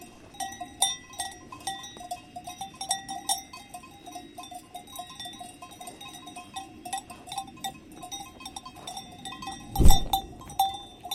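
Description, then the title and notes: Cows feeding amid soft rustling, with intermittent bell clinks and a sudden heavy thump near the end. Cows feeding with clanking cow bells on a walk at Valle Pramper in the Dolomites. "The curious cows of Valle Pramper. On a walk in the Dolomites at Valle Pramper, we record cows feeding, with the clank of their cow bells. Recorded by Cities and Memory"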